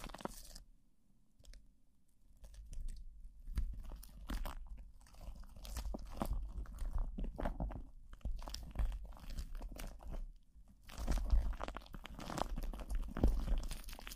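Plastic wrap rubs and crinkles over the mic in irregular bursts of crackling, with a quiet stretch near the start and a low rumble throughout.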